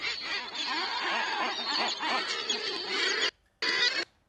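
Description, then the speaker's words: Common guillemots in a loud, dense chorus of harsh, growling calls that overlap without pause, with the sound cutting out twice near the end. Seabirds on the Farne Islands off Northumbria, UK, heard via webcam at the start of the breeding season; described as quite loud. "It's not just puffins. If they're not your thing, how about guillemots? Let's have a listen, because these guys tend to be quite loud."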